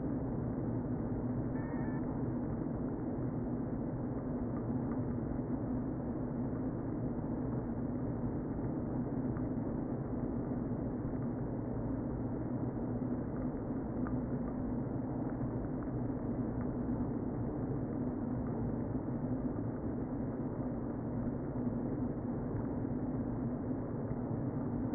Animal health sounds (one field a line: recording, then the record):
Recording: honeybee colony, microphone inside the hive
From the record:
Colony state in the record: queen present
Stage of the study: before two queens were removed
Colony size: about 60,000 bees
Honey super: yes